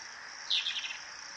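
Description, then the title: Plain-crested elaenia song: a short, buzzy, stuttering phrase of a few rapid notes lasting about half a second, over constant shrill insect noise. "LuckyPassaro Completos2Sama. Plain-crested Elaenia (Elaenia cristata)"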